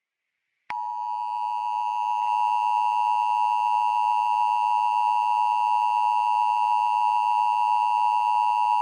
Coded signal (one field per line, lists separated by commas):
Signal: Emergency Alert System (SAME) tones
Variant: 853 and 960 Hz attention tone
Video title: EAS Scenario 10 - Asteroids Inbound! (SNEAKPEAK!)